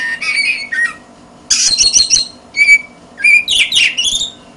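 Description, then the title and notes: Oriental magpie-robin song mixing whistled notes, buzzy rattles and sharp rising sweeps in quick succession. "suara kacer. kumpulan suara burung kacer"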